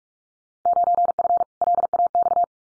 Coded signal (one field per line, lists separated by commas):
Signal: Morse code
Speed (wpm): 44 wpm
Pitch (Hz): 700 Hz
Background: none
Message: 9F LAX